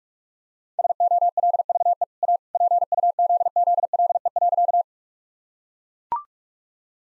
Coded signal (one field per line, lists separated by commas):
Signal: Morse code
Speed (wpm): 44 wpm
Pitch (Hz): 700 Hz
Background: none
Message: SOLVE A PUZZLE.